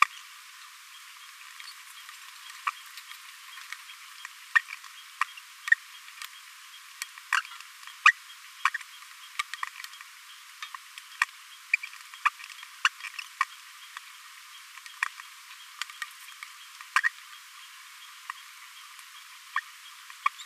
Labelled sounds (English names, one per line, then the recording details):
Green-rumped Parrotlet babbling
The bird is a male
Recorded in a nest box in Venezuela
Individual 17B42A3